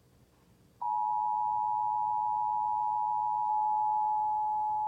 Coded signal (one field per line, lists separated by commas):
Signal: Emergency Alert System (SAME) tones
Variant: 853 and 960 Hz attention tone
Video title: EAS Catch #15: Flash Flood Warning (2/6/20)